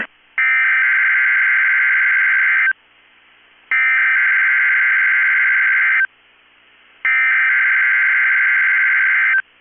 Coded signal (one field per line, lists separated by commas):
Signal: Emergency Alert System (SAME) tones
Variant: header bursts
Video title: 2/16/22 - KEC65 Required Weekly Test (EAS #359)